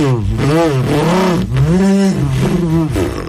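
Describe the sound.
A voice beatboxes car effects with the mouth, imitating a car overtaking, turn signals and a horn: loud, continuous engine-like revving that repeatedly swoops up and down in pitch, with buzzy, growling tones throughout and no ordinary speech.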